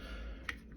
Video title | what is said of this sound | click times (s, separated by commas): M9 bayonet fix for the Mossberg 500 series/ remington 870 series pump action LEO-MIL 12 ga. shotgun. | and it locks in place. | 0.5 s